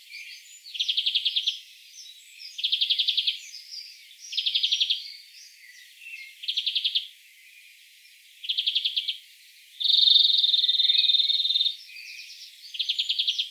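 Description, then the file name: European greenfinch giving short, rapid, ringing trills about every two seconds, plus one long nasal wheeze near the end; faint chirps from other birds behind. "Chloris chloris"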